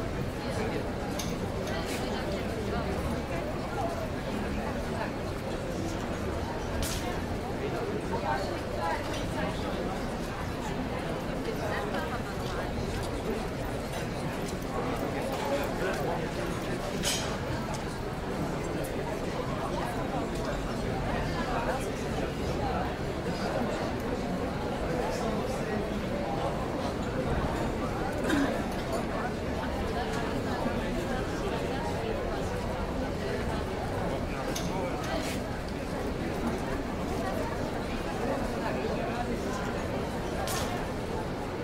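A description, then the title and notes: Restaurant ambience: a steady babble of many people talking at once, no single voice standing out. The murmur stays dense and even throughout, with occasional faint clinks and brief sharp clatters, a little louder around the 28-second mark. Restaurant Ambience Sound.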